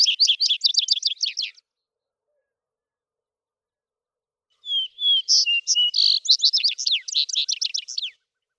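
Vesper sparrow song ending with a rapid trill, then after a quiet pause a full phrase: two or three slow whistled notes leading into a quick trilled series.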